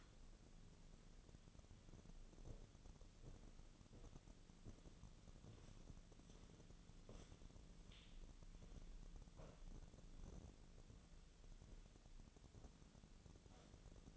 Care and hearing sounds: daily activity, microphone in the room; walk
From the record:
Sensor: 4

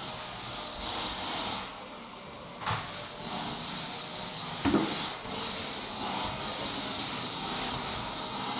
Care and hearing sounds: daily activity, microphone in the room; vacuum cleaning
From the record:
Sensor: 3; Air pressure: 1002.0 hPa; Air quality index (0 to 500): 248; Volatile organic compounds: 52 ppm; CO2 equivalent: 3321 ppm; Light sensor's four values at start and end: 12/36/15/13 and 12/36/16/13

